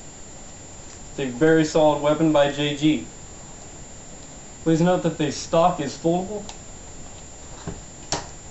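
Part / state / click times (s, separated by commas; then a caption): folding stock latching against the receiver of an airsoft rifle / seated / 8.1 s. Someone talks, then the folding plastic stock of a SIG-licensed JG SIG 552 airsoft rifle replica is folded over and latched against the receiver. A single sharp click is heard at 8.1 seconds as the stock locks into place.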